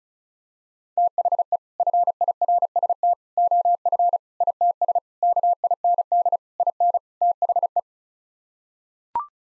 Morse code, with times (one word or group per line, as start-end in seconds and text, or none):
1.0-1.6 THE
1.8-3.1 FIRST
3.4-4.2 OF
4.4-5.0 ITS
5.2-6.4 KIND
6.6-7.0 IN
7.2-7.8 THE